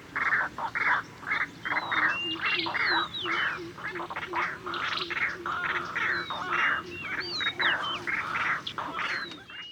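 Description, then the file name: White-breasted waterhen calling, harsh notes repeated rapidly, about two a second, in a steady run. "burung ruak ruak"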